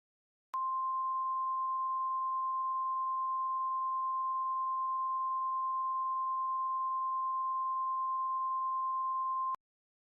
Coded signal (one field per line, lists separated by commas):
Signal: Emergency Alert System (SAME) tones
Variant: 1050 Hz attention tone